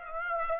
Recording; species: mosquito wingbeat signal from an infrared sensor; Aedes aegypti